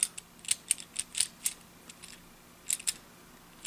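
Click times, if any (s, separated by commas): none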